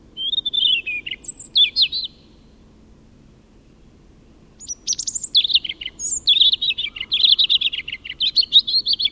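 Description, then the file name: European robin song, high thin warbling phrases with trills and slurred notes, a pause, then a long rapid run of sweet twittering notes. "Erithacus rubecula"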